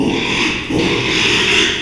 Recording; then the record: squeal of a Yucatan mini pig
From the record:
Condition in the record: after surgery on the right vocal fold (resection and tissue-engineered implant); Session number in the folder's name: 1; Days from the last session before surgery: 6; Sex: male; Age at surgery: 12 weeks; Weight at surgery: 13 kg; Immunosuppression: cyclosporine, prednisolone